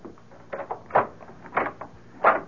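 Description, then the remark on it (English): A locked door is unlatched and pulled open: a string of metallic clicks and clunks, with a louder thump near the start and another at the end, and no talking. “Why have you got the door locked?”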